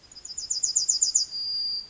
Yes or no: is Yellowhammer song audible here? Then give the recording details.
yes. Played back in forest. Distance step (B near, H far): D. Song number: 112